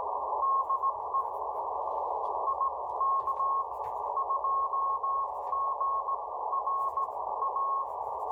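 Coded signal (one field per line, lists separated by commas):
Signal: Morse code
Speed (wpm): 17 wpm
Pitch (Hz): 1090 Hz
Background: radio noise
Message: DE IK2GRA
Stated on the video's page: Contacts via the QO-100 satellite using a homemade upconverter and homemade transceiver.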